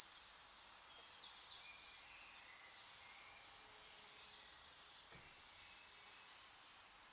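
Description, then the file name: European robin repeating sharp, high-pitched call notes roughly every second, with faint lower warbled notes in the background. "Erithacus rubecula"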